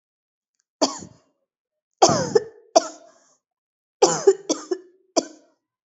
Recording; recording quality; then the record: heavy voluntary cough; excellent, no background noise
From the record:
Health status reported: healthy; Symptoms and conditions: none ticked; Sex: female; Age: 19 years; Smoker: not ticked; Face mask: not worn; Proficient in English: yes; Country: India